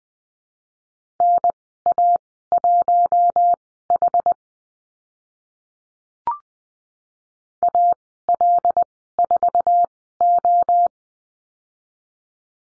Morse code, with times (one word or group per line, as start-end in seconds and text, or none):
1.2-4.3 NA1H
7.6-10.9 AL4O